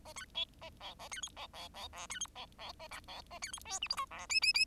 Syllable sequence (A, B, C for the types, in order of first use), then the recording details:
A B C A D A B E D D D F B E D D A B D A B E G H I J F K K K. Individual Bird10